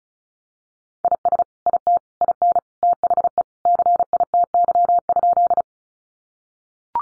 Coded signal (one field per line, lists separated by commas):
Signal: Morse code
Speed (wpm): 34 wpm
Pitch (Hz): 700 Hz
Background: none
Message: IS IT IN THE CITY?